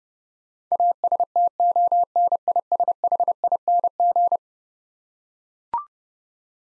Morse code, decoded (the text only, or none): ASTONISHING